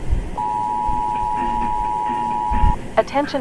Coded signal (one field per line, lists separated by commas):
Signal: Emergency Alert System (SAME) tones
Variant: 853 and 960 Hz attention tone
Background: speech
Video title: EAS Scenario | Project Chronos: Part 1 and Part 2 (REACTION)